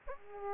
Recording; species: mosquito wingbeat signal from an infrared sensor; Aedes aegypti